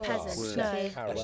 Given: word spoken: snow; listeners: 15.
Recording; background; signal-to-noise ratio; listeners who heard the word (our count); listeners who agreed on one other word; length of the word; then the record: one English word in noise, from a listening test; four-talker babble; -0.6 dB; 2 of 15; 11 of 15; 0.84 s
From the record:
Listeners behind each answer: 11, 2, 1, 1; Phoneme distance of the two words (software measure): 24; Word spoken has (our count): 1 syllable, 3 phonemes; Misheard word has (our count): 2 syllables, 5 phonemes, stress on syllable 1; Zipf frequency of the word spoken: 4.79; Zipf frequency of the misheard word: 3.43